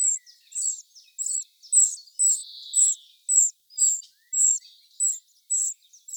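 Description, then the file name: Eurasian wren calls: quick, sharp, high ticks in a series, with one longer buzzy note near the middle. "Troglodytes troglodytes"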